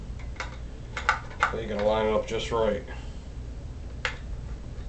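A tight-fitting magazine is lined up and rocked into the magazine well of an AK-74 rifle while someone talks, with a few light clicks of handling along the way. A sharp snap at 4.1 s marks the magazine catch locking, and the magazine is seated.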